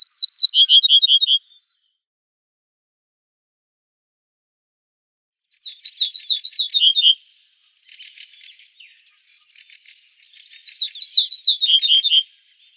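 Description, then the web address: Ortolan bunting song: three phrases of repeated ringing notes, each ending in a slightly lower drawn note, separated by pauses, with faint scratchy chatter before the third. "Schulze Peter Ortolan Bunting song"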